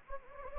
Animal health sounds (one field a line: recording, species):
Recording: mosquito wingbeat signal from an infrared sensor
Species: Anopheles gambiae